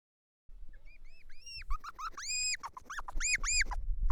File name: Hedgehog Squeling And Chirping